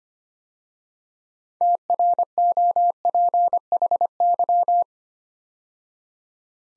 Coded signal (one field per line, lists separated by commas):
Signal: Morse code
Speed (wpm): 25 wpm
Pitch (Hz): 700 Hz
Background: none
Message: TROPHY